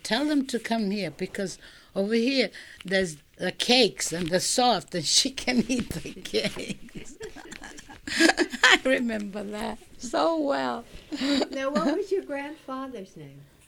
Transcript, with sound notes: Tell them to come here, because over here there's cakes and they're soft, that she can eat the cake. ( she laughs ) I remember that so well.
Now, what was your grandfather's name?